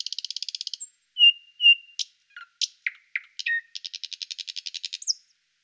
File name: Obyknovennyj solovej - Luscinia luscinia